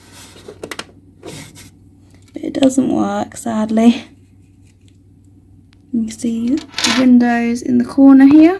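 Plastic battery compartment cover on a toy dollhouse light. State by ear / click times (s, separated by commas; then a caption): seated / 0.7 s. A plastic battery compartment cover on the light fitting of a Sylvanian Families (Calico Critters) Beechwood Hall toy dollhouse is flicked up and clicks shut at about 0.7 s, in a quick cluster of sharp plastic taps. Faint handling taps follow, then someone talks. The cover is seated, though the light still doesn't work because its batteries are dead.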